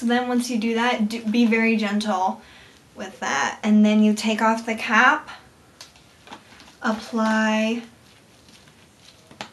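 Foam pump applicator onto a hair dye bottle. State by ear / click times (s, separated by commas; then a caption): seated / 9.4 s. A plastic foam pump applicator is fitted onto the neck of a John Frieda Precision Foam hair colour bottle after its cap is removed, while someone talks. Faint handling sounds follow. A sharp click at 9.4 s shows the applicator seated on the bottle.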